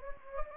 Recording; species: mosquito wingbeat signal from an infrared sensor; Anopheles gambiae